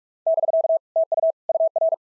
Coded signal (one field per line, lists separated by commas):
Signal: Morse code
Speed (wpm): 46 wpm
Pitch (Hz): 650 Hz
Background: none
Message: <BK> TU UR